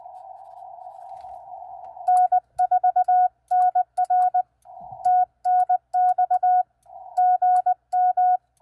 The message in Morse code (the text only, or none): N4NR TNX GM